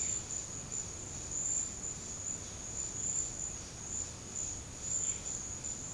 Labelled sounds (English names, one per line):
none